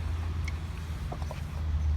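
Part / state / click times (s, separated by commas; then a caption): removed engine-bay component into its mount on the car / not seated / none. A removed engine-bay part is pushed back into its mount on a car that stopped running after driving through a water puddle, over a steady low rumble. A sharp tick is heard at about 0.5 s, then a quick run of light knocks around 1.1 to 1.3 s. The part has not seated and nothing has clicked yet; a tab or slot on its leg is suspected of blocking it.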